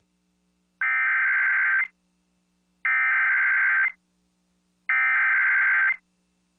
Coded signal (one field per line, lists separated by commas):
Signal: Emergency Alert System (SAME) tones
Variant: header bursts